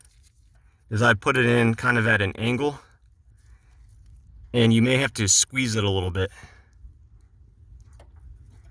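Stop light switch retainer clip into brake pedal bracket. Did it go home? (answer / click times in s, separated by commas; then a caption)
no / none. A stop light switch retainer clip on a 2013 Hyundai Sonata is inserted at an angle into the brake pedal bracket and squeezed a little to line it up in position, before being pushed home. Someone talks, and only light, faint handling sounds are heard between and after the speech. Nothing has seated or clicked yet.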